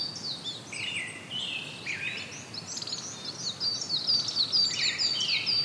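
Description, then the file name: Brown-headed thrush repeats short mellow phrases, overlapped by a quick, high, repeated chirping series toward the end. "akahara"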